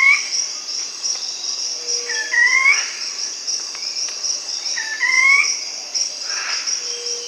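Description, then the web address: Ruddy foliage-gleaner song, a rising two-part whistled phrase repeated about every three seconds, against a constant high insect drone. Bolivia. "Natures Songs S America Birds of the Amazon 2. Ruddy Foliage-gleaner (Automolus rubiginosus), Bolivia"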